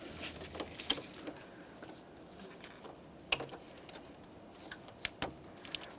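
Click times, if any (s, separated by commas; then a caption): 5.1 s. On a 2009-2014 Nissan Maxima, during a radiator fan assembly replacement, the electrical connector on the radiator fan wiring harness is pushed together into its mating connector amid light handling rustle and small taps near 0.9 s and 3.3 s. It clicks in sharply at 5.1 s, followed by a second sharp tick at 5.2 s and faint ticks after. The connector is confirmed seated.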